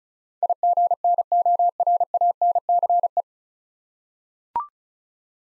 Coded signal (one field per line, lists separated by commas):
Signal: Morse code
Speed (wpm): 34 wpm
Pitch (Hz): 700 Hz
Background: none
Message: IGNORANCE